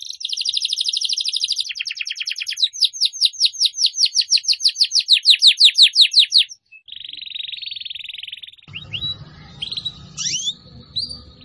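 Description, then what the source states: Atlantic canary song: fast rolling trills of sweeping notes, then a flat buzzy roll and a few rising whistles, with a low rumble near the end. Canary song used as a lure to attract birds.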